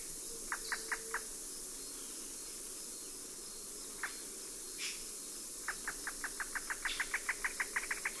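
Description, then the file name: Black-headed trogon call, a few short notes, a lone note, then a long steady series of clipped notes, several a second, building in strength. "Trogon melanocephalus"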